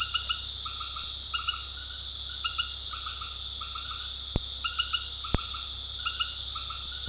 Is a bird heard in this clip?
no